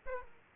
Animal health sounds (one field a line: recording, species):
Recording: mosquito wingbeat signal from an infrared sensor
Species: Aedes aegypti